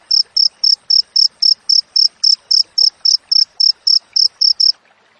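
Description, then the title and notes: Cricket calling with even, high, bright pulses about four each second, then stopping abruptly just before the end. Clear natural cricket sound with tightly spaced chirps, used as a master recording for training songbirds and for driving away rats. "Masteran Jangkrik Alam Jernih, Jeda Rapat Cocok Untuk Masteran Burung Dan Mengusir Tikus. suara jangkrik"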